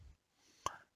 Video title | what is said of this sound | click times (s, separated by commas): Présentation de ma collection COBI + Montage du MIRAGE 2000-5 | D'ailleurs, il y a une petite pièce qui vient de se partir, je l'ai pas bien clipsé. | 0.7 s